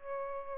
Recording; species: mosquito wingbeat signal from an infrared sensor; Aedes albopictus